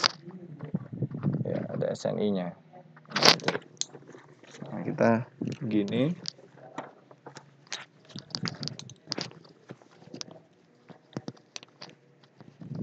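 Someone talks while handling a motorcycle helmet's plastic chin-strap buckle, working the buckle tongue toward its receiver, with crackly rustling and a few sharp ticks between the words. Nothing has seated or clicked yet.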